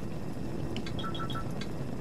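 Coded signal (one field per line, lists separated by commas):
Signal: none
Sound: game sound beeps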